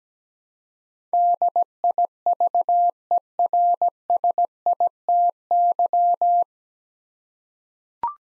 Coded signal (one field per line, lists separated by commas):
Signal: Morse code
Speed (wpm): 17 wpm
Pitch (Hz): 700 Hz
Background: none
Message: DIVERSITY